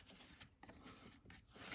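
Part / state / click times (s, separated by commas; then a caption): plastic upper hull part into lower hull of scale model tank / not seated / none. The plastic upper hull of a Tamiya all-new-tooled 1/35 KV-1 Russian tank scale model, lightly coated with cement, is slid and rubbed against the lower hull while the locking point is sought. The result is a continuous raspy rubbing and scraping with brief sharper scrapes around 0.6 s and 1.3 s. The part has not clicked or seated yet.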